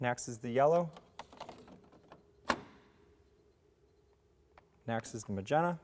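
A yellow plastic ink cartridge is matched to its label, slid along the guide rail and pushed into the cartridge bay of a large-format printer while someone talks. Small handling taps come before a sharp click at 2.5 s as the cartridge seats fully home, followed by a faint steady hum before the talking resumes.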